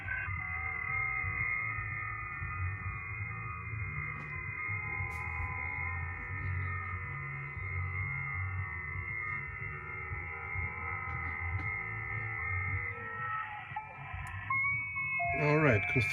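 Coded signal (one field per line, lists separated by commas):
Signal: FT8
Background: speech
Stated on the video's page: FT8 worked portable from a campground on a Hustler HF multi-band centre-loaded whip with 10 W, reaching DX in Indonesia and Taiwan.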